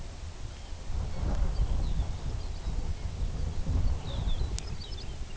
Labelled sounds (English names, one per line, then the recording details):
unidentified sound
Lapland Longspur
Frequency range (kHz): Lapland Longspur 2.2-5.8 kHz
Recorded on Arctic tundra, site UTQI-2, on 14 June 2019
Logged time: 18:00